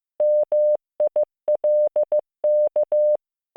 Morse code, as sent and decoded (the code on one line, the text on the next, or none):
-- .. .-.. -.-
MILK